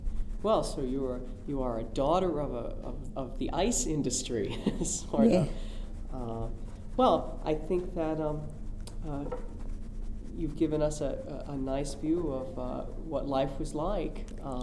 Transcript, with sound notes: Well, so you are a, you are a daughter of a, of the ice industry. (he laughs)
Yeah.
Uh, I think that, uh, you have given us a nice view of, uh, what life was like, uh...